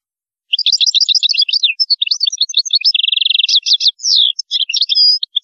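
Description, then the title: European goldfinch in continuous song, fast liquid twitters broken by a dry buzzy trill. "Chant Chardonneret"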